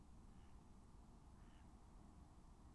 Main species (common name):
Mallard